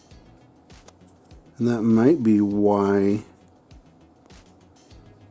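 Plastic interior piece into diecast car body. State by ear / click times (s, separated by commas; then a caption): not seated / none. A cleaned white plastic interior and dashboard piece is pressed back into the metal body of a diecast Heavy Chevy toy car, with small sharp taps and clicks of plastic on metal around 0.9, 1.3, 3.5, 3.7 and 4.3 seconds. Someone talks briefly in the middle. Nothing has clicked into place yet, and the piece does not stay snapped in.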